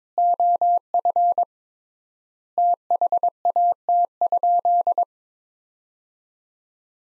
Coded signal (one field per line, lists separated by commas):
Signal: Morse code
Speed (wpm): 22 wpm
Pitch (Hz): 700 Hz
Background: none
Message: OF THAT?